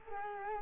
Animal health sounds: mosquito wingbeat signal from an infrared sensor; Culex quinquefasciatus

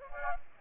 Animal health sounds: mosquito wingbeat signal from an infrared sensor; Aedes aegypti

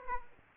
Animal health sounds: mosquito wingbeat signal from an infrared sensor; Aedes aegypti

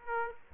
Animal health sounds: mosquito wingbeat signal from an infrared sensor; Aedes aegypti

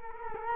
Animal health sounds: mosquito wingbeat signal from an infrared sensor; Culex quinquefasciatus

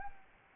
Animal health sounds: mosquito wingbeat signal from an infrared sensor; Anopheles arabiensis

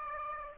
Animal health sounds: mosquito wingbeat signal from an infrared sensor; Aedes aegypti

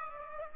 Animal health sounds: mosquito wingbeat signal from an infrared sensor; Aedes aegypti

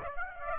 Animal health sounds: mosquito wingbeat signal from an infrared sensor; Aedes aegypti

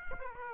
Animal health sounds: mosquito wingbeat signal from an infrared sensor; Aedes aegypti

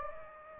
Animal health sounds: mosquito wingbeat signal from an infrared sensor; Anopheles gambiae

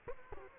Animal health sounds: mosquito wingbeat signal from an infrared sensor; Culex quinquefasciatus

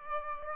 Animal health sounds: mosquito wingbeat signal from an infrared sensor; Aedes albopictus

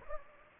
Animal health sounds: mosquito wingbeat signal from an infrared sensor; Anopheles gambiae

